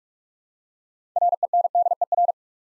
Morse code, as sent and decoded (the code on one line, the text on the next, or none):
.-. . -. -.. . .-.
RENDER